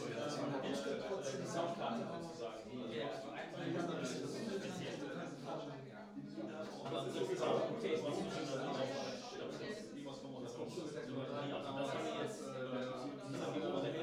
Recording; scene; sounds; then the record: everyday scene through a hearing-aid microphone; many people talking; many voices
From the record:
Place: bistro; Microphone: in the ear canal, right